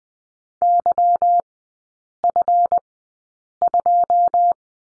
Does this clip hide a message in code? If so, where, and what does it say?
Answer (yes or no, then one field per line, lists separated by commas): yes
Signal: Morse code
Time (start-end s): 0.6-4.5 s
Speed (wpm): 20 wpm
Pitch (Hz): 700 Hz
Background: none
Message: YF2